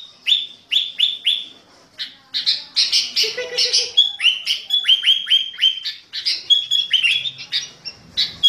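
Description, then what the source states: Sooty-headed bulbul song: quick runs of sharp, slurred chirps, many dropping in pitch, delivered in bursts with brief pauses between phrases. Master training song of a sooty-headed bulbul in a fierce style, called the 'thunder voice' style.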